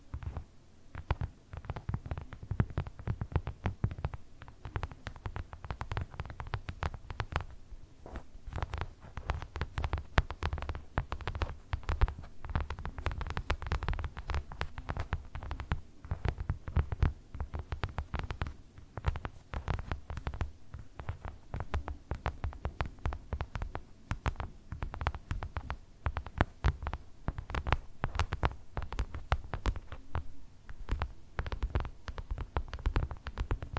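Dense, fast tapping on hard objects runs continuously with sharp clicks over a low, thumping undertone, steady throughout without speech.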